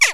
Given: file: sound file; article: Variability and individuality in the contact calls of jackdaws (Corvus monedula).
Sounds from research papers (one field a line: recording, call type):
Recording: jackdaw call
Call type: harmonic